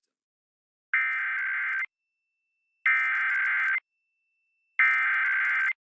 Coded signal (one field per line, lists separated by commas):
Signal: Emergency Alert System (SAME) tones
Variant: header bursts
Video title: EAS #38: Ohio Required Monthly Test - September 14, 2022 9:49 AM